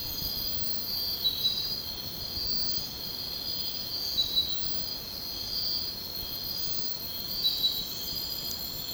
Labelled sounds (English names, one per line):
none